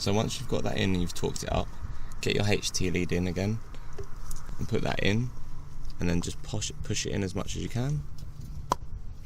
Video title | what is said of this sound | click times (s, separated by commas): How To Change The Spark Plugs On A Ford Fiesta !!!! | and you hear that little click that means it's in | 8.7 s